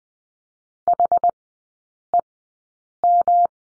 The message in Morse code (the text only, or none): HEM